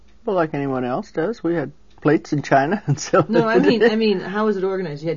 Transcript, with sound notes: Well, like anyone else does. We had plates, and china and silverware - (Laughs)
No, I mean - No I mean how was it organized?